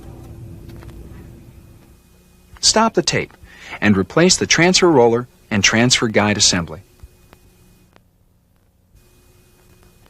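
A laser printer's Transfer Guide assembly is pressed down until each end of the pickup roller shaft snaps into its plastic mounts. Two short clicks at 0.8 s and 0.9 s mark the shaft seating, one for each end. Someone then talks from about 2.6 s to 6.8 s, followed by a few faint ticks.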